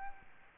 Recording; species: mosquito wingbeat signal from an infrared sensor; Aedes albopictus